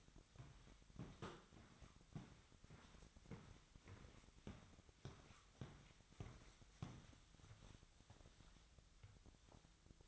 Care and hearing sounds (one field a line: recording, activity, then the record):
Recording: daily activity, microphone in the room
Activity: walk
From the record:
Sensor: 3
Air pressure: 1001.6 hPa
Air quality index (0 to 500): 227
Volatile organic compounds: 32 ppm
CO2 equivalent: 3010 ppm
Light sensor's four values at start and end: 12/38/16/14 and 8/20/9/8